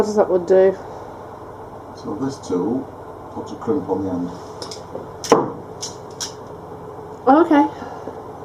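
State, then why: Torque reached. A ratchet crimping tool squeezes a ferrule onto the end of a wire, its square jaw closing smaller and smaller while someone talks. Faint ratcheting ticks are heard at 4.6 s and 4.7 s, then a sharp click at 5.3 s as the ratchet releases at full crimp. The crimp is confirmed complete.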